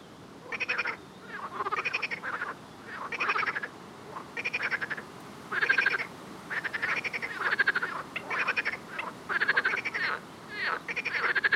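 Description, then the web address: Frog chorus: many pulsed croaking bursts in quick succession, several animals overlapping in a rattling rhythm. "Soundscape Frog 1"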